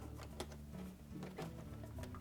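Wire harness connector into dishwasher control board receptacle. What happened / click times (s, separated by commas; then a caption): The connector is being lined up and handled but has not clicked home / none. A wire harness connector is lined up with the receptacle on a dishwasher control board, with its plastic locking tab pointed up, while a GE door handle actuator (part WD13X10045) is being replaced. Brief sharp ticks at 0.4, 2.0 and 2.2 seconds sit over a steady low hum. Nothing has seated or clicked yet.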